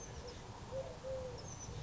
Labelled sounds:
Eurasian Collared Dove
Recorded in Sonoma County, California

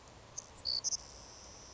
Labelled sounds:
Savannah Sparrow
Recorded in Sonoma County, California

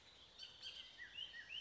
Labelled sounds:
Bullock's Oriole
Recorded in Sonoma County, California

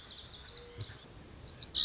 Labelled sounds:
Lazuli Bunting
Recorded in Sonoma County, California

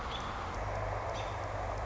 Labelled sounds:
American Robin
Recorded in Sonoma County, California

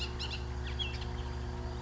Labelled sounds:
Bullock's Oriole
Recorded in Sonoma County, California

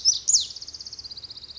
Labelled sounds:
Pacific Wren
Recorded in Sonoma County, California

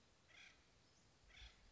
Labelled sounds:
Acorn Woodpecker
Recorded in Sonoma County, California

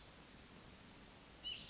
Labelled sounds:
White-breasted Nuthatch
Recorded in Sonoma County, California

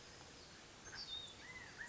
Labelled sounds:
Pacific Wren
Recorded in Sonoma County, California

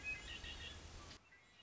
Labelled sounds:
Red-winged Blackbird
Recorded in Sonoma County, California

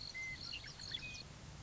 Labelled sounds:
Western Meadowlark
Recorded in Sonoma County, California

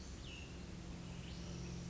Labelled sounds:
Cassin's Vireo
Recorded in Sonoma County, California

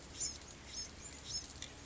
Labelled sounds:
Bewick's Wren
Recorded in Sonoma County, California

